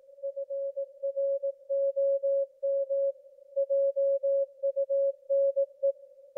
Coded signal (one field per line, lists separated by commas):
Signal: Morse code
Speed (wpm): 18 wpm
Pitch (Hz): 550 Hz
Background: none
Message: FROM JUNE